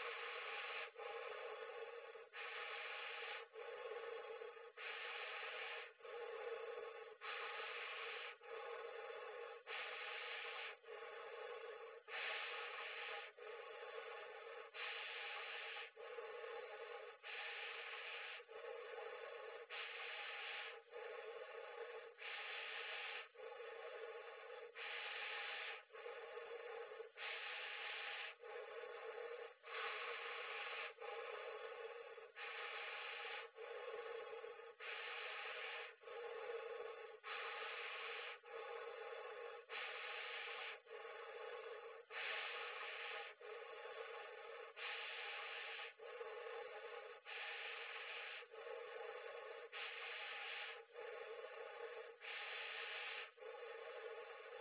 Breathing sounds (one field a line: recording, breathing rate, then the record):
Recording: paced breathing near a phone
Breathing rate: 24 breaths a minute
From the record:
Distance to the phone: 40 cm